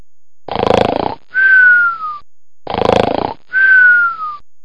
Daily life snore sound.